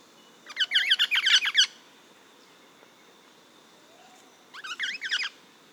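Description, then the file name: Pale-headed rosella calling in a fast, scratchy chatter of bright notes lasting about a second, followed after a pause by a shorter, softer burst. "blednogolovaya rozella platycercus adscitus"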